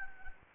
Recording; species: mosquito wingbeat signal from an infrared sensor; Anopheles gambiae